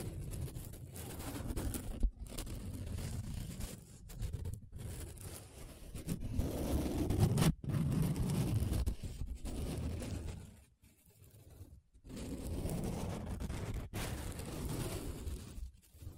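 Paper being rubbed and scratched, a dense, coarse rustle that swells and fades in long strokes of a few seconds each. Sharp breaks cut in near 2, 7.5 and 14 seconds, with a brief lull around 11 seconds. The grainy sound sits mostly low, with a thin hiss above.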